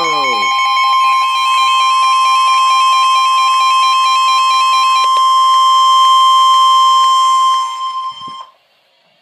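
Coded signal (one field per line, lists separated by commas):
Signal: Emergency Alert System (SAME) tones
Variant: 1050 Hz attention tone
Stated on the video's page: NOAA weather radio alerts, five received back to back; one unrecognized warning is actually a flood warning.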